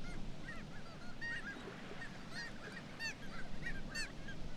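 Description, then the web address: Black-legged kittiwake calls, scattered nasal wailing notes in short bursts with several birds overlapping, above constant low roaring background noise. "کاکایی پاسیاه"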